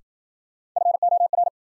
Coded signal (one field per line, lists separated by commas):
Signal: Morse code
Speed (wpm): 53 wpm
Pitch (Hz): 700 Hz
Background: none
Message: FOR